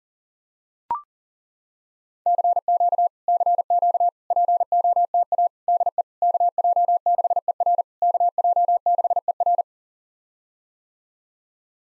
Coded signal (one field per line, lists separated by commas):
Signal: Morse code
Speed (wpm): 40 wpm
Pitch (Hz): 700 Hz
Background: none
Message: CQ CQ POTA DE KJ6ER KJ6ER